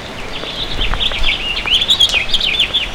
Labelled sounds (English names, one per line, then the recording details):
House Finch song
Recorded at Baldwin on Long Island, New York, on 28 May 2013
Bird H